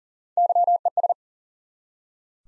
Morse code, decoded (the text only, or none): YES